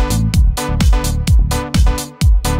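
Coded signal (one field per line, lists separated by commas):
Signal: none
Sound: synth beeps in techno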